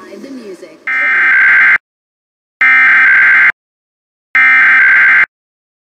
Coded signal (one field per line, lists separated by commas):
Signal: Emergency Alert System (SAME) tones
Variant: header bursts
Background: speech